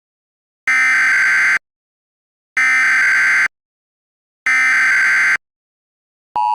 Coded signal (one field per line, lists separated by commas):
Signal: Emergency Alert System (SAME) tones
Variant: header bursts